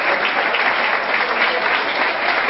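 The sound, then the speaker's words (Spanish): An audience at a colloquium claps in steady, dense applause, many hands blending into a continuous crackling wash that holds at an even level throughout. “No, no, aplauso no, que no hay abrazos, ¿eh?”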